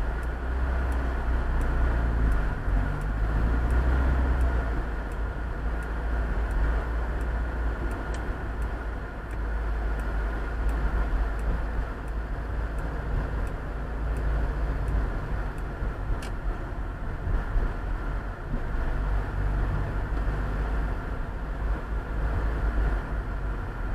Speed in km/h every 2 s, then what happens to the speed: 26, 24, 27, 30, 32, 30, 25, 23, 27, 28, 28, 29.
2-8 speeds up to 32. 8-14 slows to 23. 14-24 speeds up to 29.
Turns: 10-16.